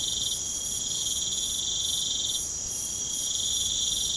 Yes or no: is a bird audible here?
no